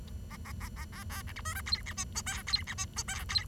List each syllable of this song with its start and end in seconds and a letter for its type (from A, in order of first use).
0.30-0.36 A, 0.45-0.52 A, 0.60-0.68 A, 0.76-0.85 A, 0.92-1.03 A, 1.10-1.22 A, 1.27-1.32 B, 1.36-1.41 C, 1.45-1.54 D, 1.55-1.61 E, 1.66-1.82 F, 1.86-1.93 G, 1.97-2.04 H, 2.15-2.21 I, 2.26-2.42 J, 2.47-2.63 F, 2.67-2.74 G, 2.77-2.85 H, 2.96-3.03 I, 3.08-3.24 J, 3.29-3.45 F